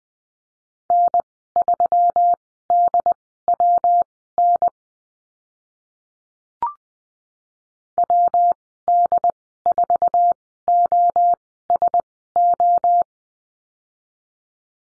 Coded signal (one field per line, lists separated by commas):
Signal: Morse code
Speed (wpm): 20 wpm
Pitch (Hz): 700 Hz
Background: none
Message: N3DWN WD4OSO